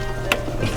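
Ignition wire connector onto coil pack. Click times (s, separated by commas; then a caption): 0.3 s. The second ignition wire connector is pressed onto its coil pack during a cylinder 7 coil pack and wire harness replacement on a 2013 Cadillac Escalade, done to troubleshoot a misfire. A single sharp, bright click is heard at 0.3 s over a low steady hum. The connector seats onto the coil.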